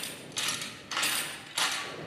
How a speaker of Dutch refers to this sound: Hier zitten twee mannen. Ze boren met een handdril een gat in een van de rotswanden. Het is hard werk, want machines worden niet gebruikt.